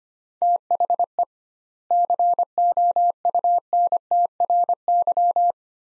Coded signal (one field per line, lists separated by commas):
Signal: Morse code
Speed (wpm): 25 wpm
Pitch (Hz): 700 Hz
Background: none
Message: THE COUNTRY